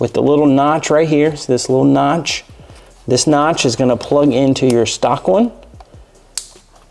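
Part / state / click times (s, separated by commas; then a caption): tuner harness connector into stock T-MAP sensor plug / seated / 6.4 s. Someone talks while a plastic JB4 tuner harness "rainbow" connector with a small notch is plugged into the stock T-MAP sensor plug on a BMW B58 M340i. A sharp click at 6.4 s confirms the connector is seated.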